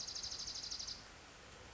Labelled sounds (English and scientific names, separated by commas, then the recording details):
Dark-eyed Junco (Junco hyemalis)
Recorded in Sonoma County, California